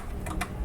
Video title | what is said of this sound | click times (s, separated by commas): 3D printed accessories for SuperTrickler and other reloading needs | the tube in fact you can see right here I had it upside down so you can see it snapped right in and | 0.4 s